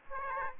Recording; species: mosquito wingbeat signal from an infrared sensor; Aedes aegypti